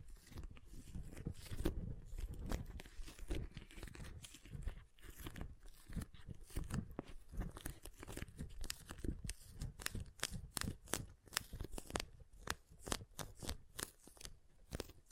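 Water beads being squeezed and handled give crunchy, squelchy sounds, low and dense early, then sharper rapid clicks through the second half.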